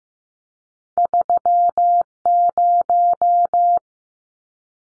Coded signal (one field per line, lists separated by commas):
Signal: Morse code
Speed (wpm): 15 wpm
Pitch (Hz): 700 Hz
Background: none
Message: 30